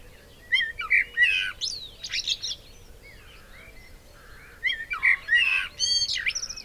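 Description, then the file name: Eurasian blackbird singing two warbling phrases, mellow whistles mixed with harsher squeaky twitters, with a brief lull between. "Turdus merula"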